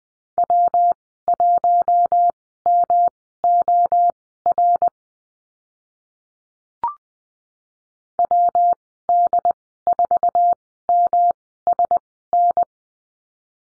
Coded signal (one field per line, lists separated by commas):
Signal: Morse code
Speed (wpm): 20 wpm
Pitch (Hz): 700 Hz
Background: none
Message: W1MOR WD4MSN